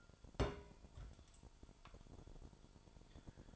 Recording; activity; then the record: daily activity, microphone in the room; place on stove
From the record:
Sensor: 5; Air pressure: 1008.2 hPa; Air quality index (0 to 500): 118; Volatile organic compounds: 1 ppm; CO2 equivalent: 908 ppm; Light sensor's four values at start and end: 28/61/26/26 and 29/64/27/27